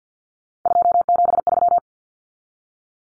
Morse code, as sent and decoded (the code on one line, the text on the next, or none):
..--- --... ...--
273